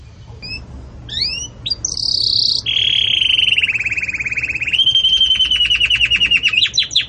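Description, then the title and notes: Belgian canary song: a few sharp rising notes, then long bright trills and rapid buzzy rolls that shift pitch. Belgian canary in the 'campainha' (bell) song style, meant for training chicks. "Canto Do Canário Belga Campainha Para Encarte De Filhotes. CANARIO"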